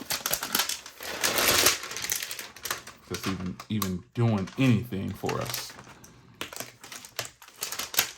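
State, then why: Seated. Someone talks while a clear hard-shell plastic SUPCASE Unicorn Beetle Series case is pressed onto a 14-inch MacBook Pro, with a few sharp ticks early on. The case's clips then snap over the laptop's edges one after another, with crisp snaps at 6.4 s, 7.2 s and 8.0 s. The case is seated.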